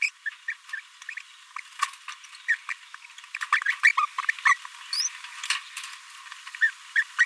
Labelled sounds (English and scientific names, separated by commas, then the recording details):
Green-rumped Parrotlet (Forpus passerinus) babbling
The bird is a male
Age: 26 days
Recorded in a nest box in Venezuela
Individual 17B42A3